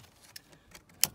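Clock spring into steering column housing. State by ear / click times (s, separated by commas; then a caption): seated / 1.0 s. A replacement clock spring on a Dodge Caliber, fitted because the airbag light was on, is pushed back into the steering column housing. Faint ticks come at about 0.4 s and 0.8 s before one loud, sharp click at 1.0 s as the clock spring snaps into place, confirming it is seated.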